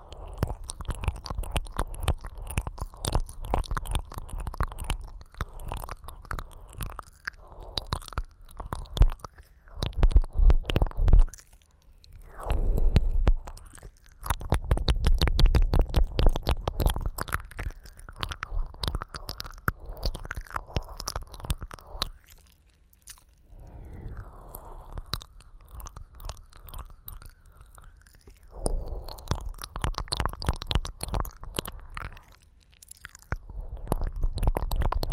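Wet ear licking fills the clip with dense clusters of smacking, slurping clicks that come in bursts of a few seconds, broken by short pauses near 12, 22 to 24 and 29 seconds. The sounds are soft-bodied and moist, with a low muffled rumble underneath.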